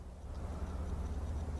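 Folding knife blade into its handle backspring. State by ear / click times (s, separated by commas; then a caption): not seated / none. The blade of an old steel Forest Master slip-joint camp knife is handled in its handle against the backspring while a steady low aircraft rumble fills the clip. The blade has not snapped into place yet; nothing has seated or clicked.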